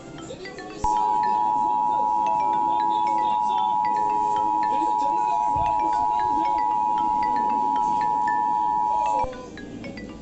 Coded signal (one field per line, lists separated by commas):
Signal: Emergency Alert System (SAME) tones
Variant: 853 and 960 Hz attention tone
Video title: Youtube EAS